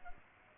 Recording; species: mosquito wingbeat signal from an infrared sensor; Aedes aegypti